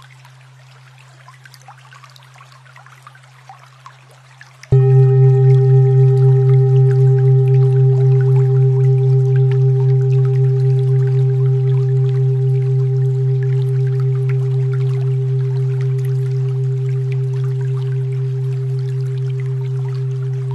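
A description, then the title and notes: A steady low tone near 125.28 Hz hums quietly for the first five seconds, then jumps abruptly to a loud, full drone with a faint higher ring above it, holding unchanged to the end. Soft scattered ticks and crackles patter throughout. 125.28 Hz.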